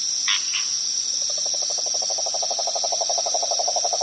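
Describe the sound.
Frog call: a rapid, steady train of low-pitched pulses starts after a second and runs to the end, preceded by two short higher bursts, over constant hiss.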